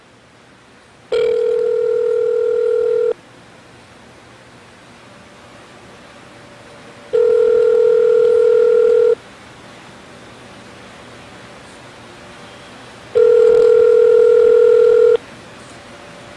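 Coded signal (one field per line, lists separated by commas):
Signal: telephone call progress tone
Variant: North America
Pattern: ringback tone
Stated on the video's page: Call progress tones from an Obihai OBi200 VoIP adapter linked to Google Talk; the dial tone tended to blank out on first power-on while syncing.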